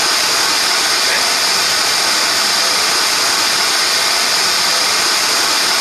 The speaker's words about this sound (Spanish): Y la ponderación C, que es la que viene ahora, ¿ven? Estos valores son más o menos los que había inicialmente. Esto es ruido rosa, chicos, ¿eh?